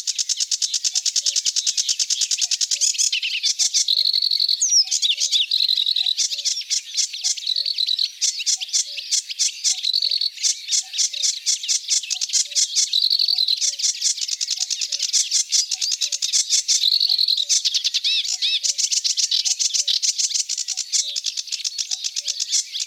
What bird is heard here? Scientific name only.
Acrocephalus schoenobaenus